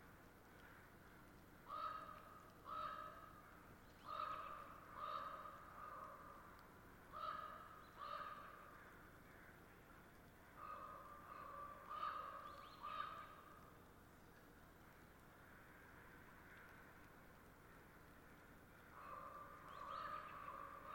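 Crows and ravens call at a roost, harsh caws coming in clustered bursts around 2–7 seconds, again near 11–13 seconds, and once more near 19–21 seconds. The calls sound nasal, separated by quieter gaps over a steady outdoor hiss.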